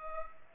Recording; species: mosquito wingbeat signal from an infrared sensor; Culex pipiens